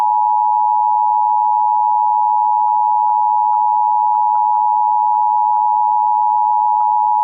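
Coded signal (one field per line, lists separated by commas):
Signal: Emergency Alert System (SAME) tones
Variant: 853 and 960 Hz attention tone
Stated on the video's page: Reenactment mock of a Civil Emergency Message about diesel fuel in the White River, using valid EAS tones.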